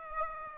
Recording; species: mosquito wingbeat signal from an infrared sensor; Aedes aegypti